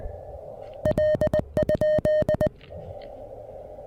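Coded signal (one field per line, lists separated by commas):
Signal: Morse code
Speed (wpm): 19 wpm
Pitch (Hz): 1850 Hz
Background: none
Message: L?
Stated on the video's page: QRP Parks on the Air activation on 30 meters using a Venus SW-3B with an end-fed half-wave antenna and balun.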